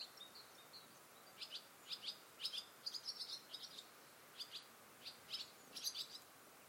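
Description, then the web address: Bird chirps, high thin notes given singly and in quick doubled bursts, scattered irregularly throughout over a soft steady hiss. "Bird Only"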